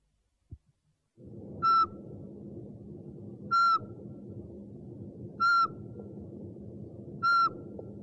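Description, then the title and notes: Owl giving short, level whistled notes, each loud and clipped, repeated about every two seconds, four times over a steady low rumble. One of 69 call variants from 11 owl species. "Sovy - Eulen - Owls. 69 variant hlasů - 11 druhů sov"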